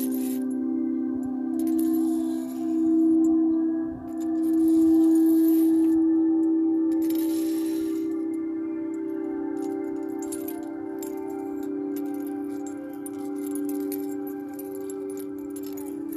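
A Tibetan singing bowl hums in a long, steady low-middle tone that swells and dips in slow waves, with fainter overtones ringing above it. Light metallic jingles, like a bracelet or chimes, sparkle in brief bursts throughout, busiest in the first eight seconds.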